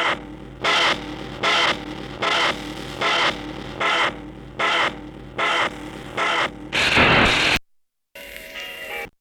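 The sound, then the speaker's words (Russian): A heart murmur recording: a steady run of loud, harsh whooshing bursts repeats about once every three quarters of a second, each swallowing the first heart sound, then a short silence and a different rough stretch. “Шум возникает одновременно с первым тоном или вместо него, заглушая первый тон.”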